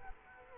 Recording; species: mosquito wingbeat signal from an infrared sensor; Culex quinquefasciatus